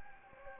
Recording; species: mosquito wingbeat signal from an infrared sensor; Anopheles gambiae